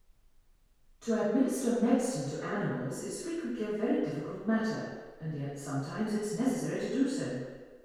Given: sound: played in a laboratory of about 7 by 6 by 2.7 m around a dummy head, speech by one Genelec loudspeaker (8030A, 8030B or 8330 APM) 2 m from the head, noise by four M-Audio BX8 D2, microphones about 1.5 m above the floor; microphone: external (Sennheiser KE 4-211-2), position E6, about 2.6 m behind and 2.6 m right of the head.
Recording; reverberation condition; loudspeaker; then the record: female speech in English; high; 90 degrees to the right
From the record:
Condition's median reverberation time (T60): about 1300 ms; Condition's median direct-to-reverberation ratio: about -4.0 dB